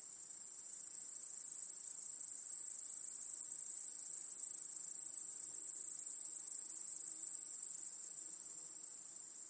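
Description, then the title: Cricket: continuous shrill trilling of crickets, a dense even wash of high sound that rises gently and falls back near the end. Cricket chorus in a home backyard at night. "Crickets in Your Backyard 🏡"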